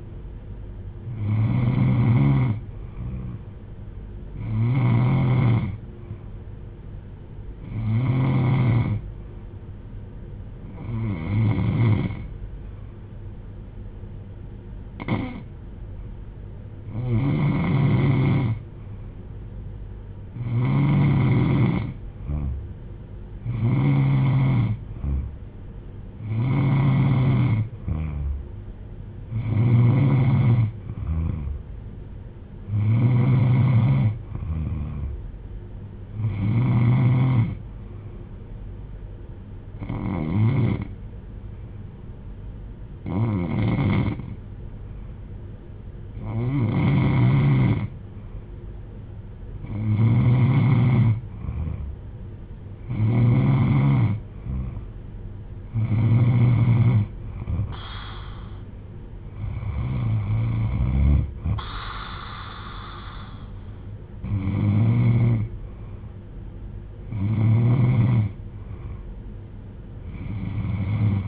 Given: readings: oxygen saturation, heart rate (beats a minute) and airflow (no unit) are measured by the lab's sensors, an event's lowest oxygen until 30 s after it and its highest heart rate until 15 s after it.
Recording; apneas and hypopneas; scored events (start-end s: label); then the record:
breathing in sleep by a smartphone at the bedside; 2
14.00-28.90 s: hypopnea (N3, oxygen 94% highest, then 91% lowest)
40.00-54.30 s: hypopnea (N3, oxygen 94% highest, then 92% lowest)
From the record:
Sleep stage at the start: N3 (deep sleep); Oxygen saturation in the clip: 91 to 95%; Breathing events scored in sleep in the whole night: 310 in 8.1 hours asleep